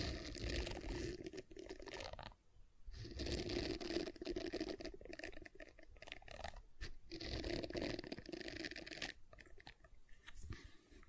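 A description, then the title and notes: Gentle squishing and crinkly tapping of silicone come in dense waves, broken by brief pauses near three, seven and nine seconds. ASMR Gentle Silicon Sounds for Sleep (No Talking).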